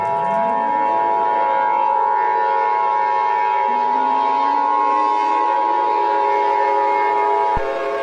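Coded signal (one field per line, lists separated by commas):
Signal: Emergency Alert System (SAME) tones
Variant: 853 and 960 Hz attention tone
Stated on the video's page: Joke EAS scenario, not a real alert.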